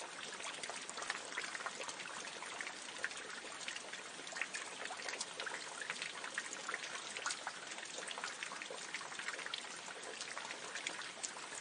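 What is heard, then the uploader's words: Continuous dripping water and rain make a dense, steady patter, with countless fine drops crowding together and tiny brighter ticks scattered throughout. The hiss sits high and bright, with little low rumble beneath, and the level holds even across the whole stretch. Kawaguchi's continuous dripping water and the rain.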